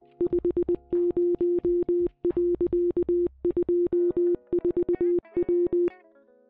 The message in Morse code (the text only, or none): 50.24W